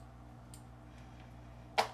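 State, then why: Released. The plastic food hopper lid on a ZACRO automatic fish feeder is worked open for refilling. Two sharp plastic clicks are heard at 0.5 s and 1.8 s over a low steady hum, the second much louder than the first. After the second click, the food compartment is open.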